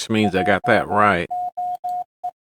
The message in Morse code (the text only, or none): JOE